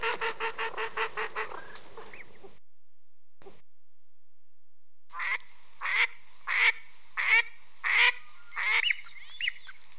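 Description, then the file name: Duck calling a rapid run of harsh, nasal quacks, then a gap, then several spaced quacks. "Grey"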